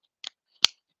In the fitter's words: press down it clicks into place I don't know if you can hear it but